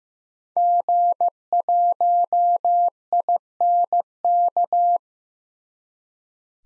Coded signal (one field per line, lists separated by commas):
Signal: Morse code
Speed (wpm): 15 wpm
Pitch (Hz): 700 Hz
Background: none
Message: G1INK